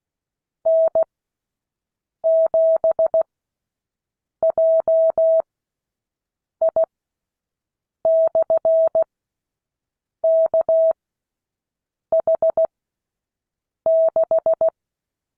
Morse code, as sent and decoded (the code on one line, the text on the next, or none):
-. --... .--- .. -..-. -.- .... -....
N7JI/KH6